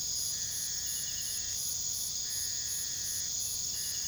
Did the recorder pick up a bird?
no